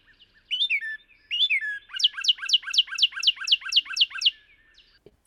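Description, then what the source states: Northern Cardinal song, two slurred downward 'wacheer' whistles followed by a rapid series of sharp descending 'rip' notes, clean quiet background. Call likened to a car alarm, 'wacheer, wacheer, rip, rip, rip, rip'; an easy-to-hear sign of spring, sometimes too loud for some people.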